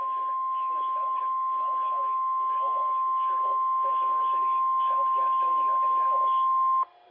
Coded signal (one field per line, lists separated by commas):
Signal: Emergency Alert System (SAME) tones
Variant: 1050 Hz attention tone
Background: speech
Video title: Early Season Mayhem... EAS Alerts from 1/12/23 (EAS 1060-1089)